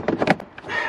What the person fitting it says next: again it clicks into place